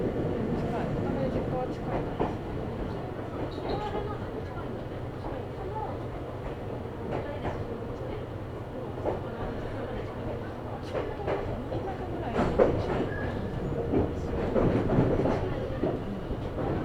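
A ride on the Meitetsu Bisai Line: steady low rumble throughout, with scattered knocks, rail clatter and faint voices, busier after twelve seconds.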